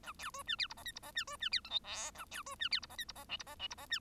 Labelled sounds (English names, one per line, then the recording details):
Bengalese Finch song
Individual Bird1